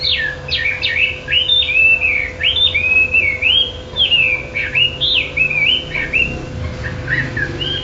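Chinese hwamei song of loud, looping whistled phrases that rise sharply and slur downward, repeated in a continuous varied stream, with a faint hum.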